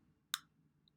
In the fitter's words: heard that click